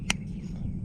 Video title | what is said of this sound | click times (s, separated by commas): Rainbird 5000 Adjustment | ahead and just click it you can hear it click there's a slip clutch in there that allows you to do that | 0.1 s